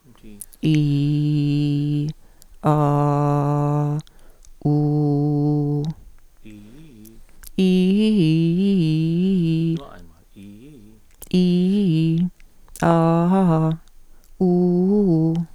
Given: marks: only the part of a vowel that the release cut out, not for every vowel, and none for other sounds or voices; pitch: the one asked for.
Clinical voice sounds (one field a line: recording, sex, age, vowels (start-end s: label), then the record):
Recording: sustained vowels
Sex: female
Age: 50 to 59 years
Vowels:
0.77-2.01 s: vowel /i/, low pitch
2.81-3.88 s: vowel /a/, low pitch
4.74-5.78 s: vowel /u/, low pitch
11.42-12.16 s: vowel /i/, low-high-low pitch
12.92-13.66 s: vowel /a/, low-high-low pitch
14.47-15.30 s: vowel /u/, low-high-low pitch
From the record:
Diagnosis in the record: dysphonia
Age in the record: 58 years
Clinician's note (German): Leichte phsychogene, phonasthetisch mäßige Dysphonie